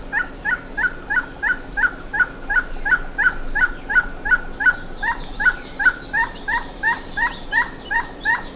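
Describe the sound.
Bird uttering a long, even series of rough, nasal notes, roughly three each second, with fainter higher chatter joining near the end.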